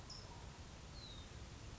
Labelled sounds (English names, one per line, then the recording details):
California Towhee
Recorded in Sonoma County, California